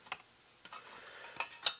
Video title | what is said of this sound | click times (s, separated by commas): Bad Scan ( Open Hours # 074 ) | this cover snapped back into place it slides off and latches in to | 1.7 s